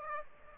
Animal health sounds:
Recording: mosquito wingbeat signal from an infrared sensor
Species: Aedes aegypti

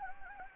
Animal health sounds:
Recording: mosquito wingbeat signal from an infrared sensor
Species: Anopheles gambiae

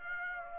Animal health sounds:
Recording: mosquito wingbeat signal from an infrared sensor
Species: Aedes aegypti

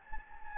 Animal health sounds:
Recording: mosquito wingbeat signal from an infrared sensor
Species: Anopheles gambiae

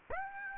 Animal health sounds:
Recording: mosquito wingbeat signal from an infrared sensor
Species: Aedes aegypti

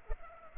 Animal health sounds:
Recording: mosquito wingbeat signal from an infrared sensor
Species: Culex pipiens

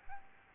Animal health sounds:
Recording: mosquito wingbeat signal from an infrared sensor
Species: Aedes albopictus

